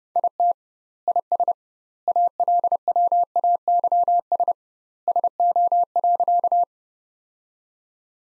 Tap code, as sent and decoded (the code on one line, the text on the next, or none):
none